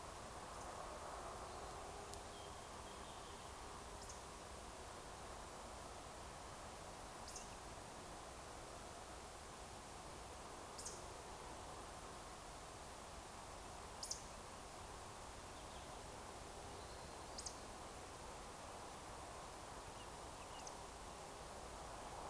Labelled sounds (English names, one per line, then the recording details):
Eurasian Woodcock
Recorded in Baden-Württemberg, Germany, on 30 June 2020 at 02:29 UTC
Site 43791, 788 m above sea level